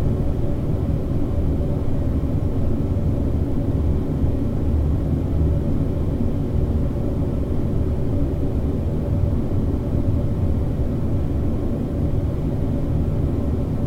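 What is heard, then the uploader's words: A steady hum of air conditioning and a fan fills a quiet room, low and unchanging from start to finish. The sound is dense and rumbling at the bottom with only a faint hiss above, constant, with no distinct events. The calming sounds of a conference room's background white noise. The gentle hum of air conditioning and the soft sound of a fan.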